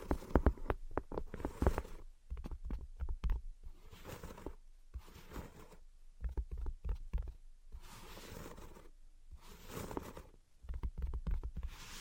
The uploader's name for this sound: Invisible Tapping and Scratching